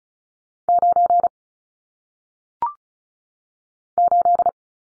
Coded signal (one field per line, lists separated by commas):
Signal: Morse code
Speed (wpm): 36 wpm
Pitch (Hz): 700 Hz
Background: none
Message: 9 8